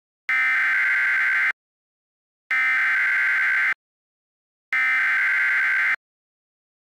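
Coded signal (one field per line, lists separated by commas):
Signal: Emergency Alert System (SAME) tones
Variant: header bursts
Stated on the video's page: Mock reenactment of a severe thunderstorm warning, using valid EAS tones.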